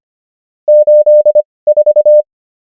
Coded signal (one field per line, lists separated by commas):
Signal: Morse code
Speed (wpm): 25 wpm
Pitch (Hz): 600 Hz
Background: none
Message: 8 4